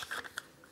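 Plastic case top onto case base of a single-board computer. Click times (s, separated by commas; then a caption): 0.3 s, 0.4 s. The plastic top half of a Raspberry Pi 3 case is pressed down onto the case base with the board inside. After a brief plastic rustle at the start, two sharp clicks come at 0.3 s and 0.4 s, the second the loudest. The lid snaps into place and is seated.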